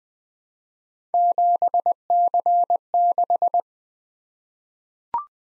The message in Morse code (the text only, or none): 7C6